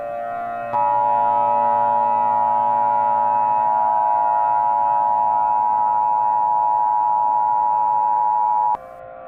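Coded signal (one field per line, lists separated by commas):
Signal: Emergency Alert System (SAME) tones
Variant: 853 and 960 Hz attention tone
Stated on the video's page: Fictional EAS scenario with a horror theme, made in CapCut.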